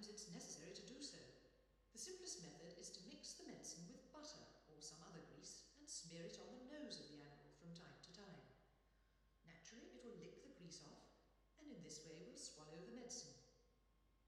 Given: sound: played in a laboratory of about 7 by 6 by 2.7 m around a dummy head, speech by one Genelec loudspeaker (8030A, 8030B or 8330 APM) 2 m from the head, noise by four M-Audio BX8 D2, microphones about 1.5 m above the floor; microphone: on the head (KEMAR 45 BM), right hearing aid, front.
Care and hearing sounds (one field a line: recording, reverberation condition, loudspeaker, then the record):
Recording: female speech in English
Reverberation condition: high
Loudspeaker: 30 degrees to the right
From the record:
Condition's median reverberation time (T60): about 1300 ms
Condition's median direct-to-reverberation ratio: about -4.0 dB